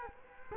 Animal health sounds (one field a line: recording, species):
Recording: mosquito wingbeat signal from an infrared sensor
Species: Culex quinquefasciatus